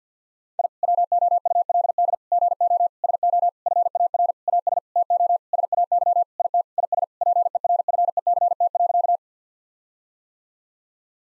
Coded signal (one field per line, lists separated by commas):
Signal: Morse code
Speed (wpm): 50 wpm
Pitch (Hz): 700 Hz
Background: none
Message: I WOULD GO SO FAR AS TO SAY IT IS PERFECT.